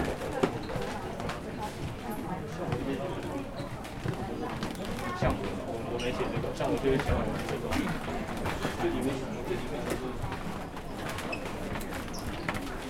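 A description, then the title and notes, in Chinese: Sounds recorded on the second floor of a bookshop: a dense, steady murmur of many overlapping voices with no single speaker standing out. Small knocks and clicks pop up every second or so, and faint high chirps drift in now and then. 跟大家分享當天我在書店二樓記錄到的聲音。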